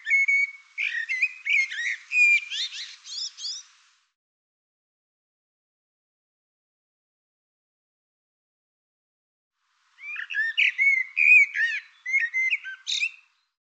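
Bird singing two bursts of fast, jumbled chirps and whistles, each a few seconds long, with a long silent gap between.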